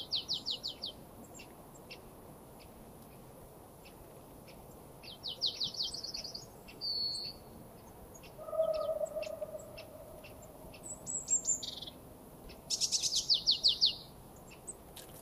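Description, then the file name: Marsh tit calls: short bursts of rapid, high ticking notes, repeated several times. "Poecile palustris"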